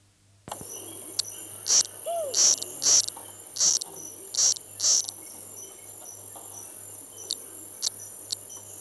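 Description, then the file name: Brown Bubble-nest Frog giving a run of six short, high piping notes, then a few fainter ones, over a steady high insect drone and faint clicks. Recorded at Mulu Base. "Bio Acoustica 09-Chaperina fusca - Mulu Base"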